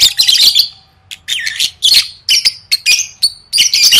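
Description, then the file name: Lovebird squawks and whistles: harsh, noisy bursts mixed with short clear whistles, some rising and falling, in quick clusters with brief pauses between. "tieng vet mau don"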